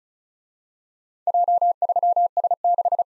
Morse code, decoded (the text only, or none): J3S6